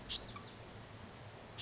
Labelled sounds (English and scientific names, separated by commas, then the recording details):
Bewick's Wren (Thryomanes bewickii)
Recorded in Sonoma County, California